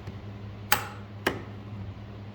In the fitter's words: 그러면 이 상태에서 그대로 밀어주면 여기서 또 딸깍 소리가 납니다.